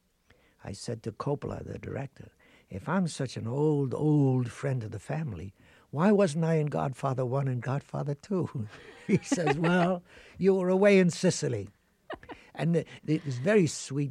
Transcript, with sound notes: I said to Coppola, the director, if I'm such an old, old friend of the family, why wasn't I in "Godfather I" and "Godfather II"?
(Laughing).
He says, well, you were away in Sicily. And it was very sweet.